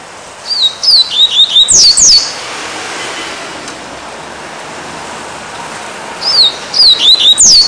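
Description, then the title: Double-collared Seedeater giving a rapid phrase of thin, high slurred whistles with steep descending notes, a quiet stretch, then the phrase again. "Canto Coleiro"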